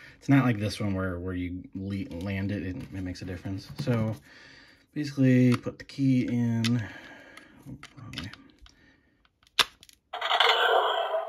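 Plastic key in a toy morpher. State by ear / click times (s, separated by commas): released / 9.6 s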